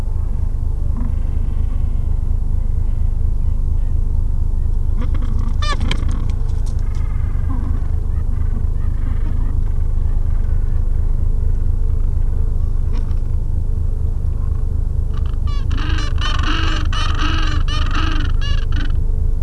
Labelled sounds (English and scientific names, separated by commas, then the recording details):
Gentoo Penguin (Pygoscelis papua)
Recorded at the colony at Pleneau Island, Antarctica, on 3 January 2015
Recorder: Song Meter SM2+